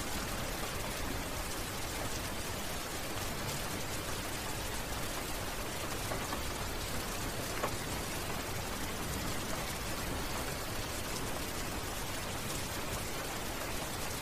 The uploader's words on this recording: Overcast day.